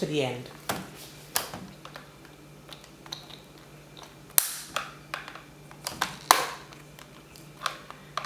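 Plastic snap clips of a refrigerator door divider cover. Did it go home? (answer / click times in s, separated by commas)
released / 4.4 s, 6.3 s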